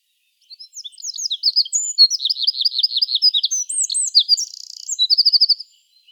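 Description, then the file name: Eurasian wren song: a long, rapid, loud outpouring of high trills and sharp notes, with buzzy rattling passages, lasting about five seconds. "Troglodytes troglodytes"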